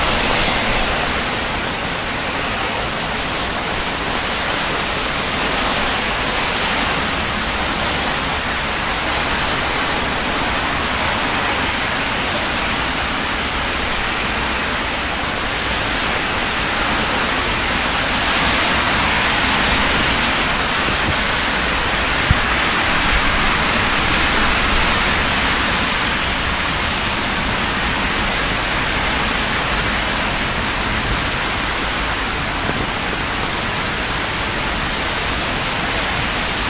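Rain falls steadily on a city street at night, a dense, even hiss that fills the whole clip without easing or building. The sound is bright, with a soft low rumble underneath and a single small tap around twenty-two seconds.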